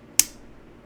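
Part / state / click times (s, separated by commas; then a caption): knife blade into slip joint backspring detent / seated / 0.2 s. A slip joint pocket knife blade is opened past its half stop and snaps into the fully open position against the backspring detent. A single sharp, bright click sounds at 0.2 s and decays quickly into near silence. The blade is fully open and seated.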